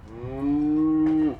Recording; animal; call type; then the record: contact call of a hoofed animal; cattle; low-frequency (closed-mouth) or high-frequency (open-mouth) call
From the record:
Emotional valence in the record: negative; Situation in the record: full separation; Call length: 1.40 s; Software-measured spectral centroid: 850 Hz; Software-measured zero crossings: 680 a second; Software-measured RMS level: -23 dBFS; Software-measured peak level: -15 dBFS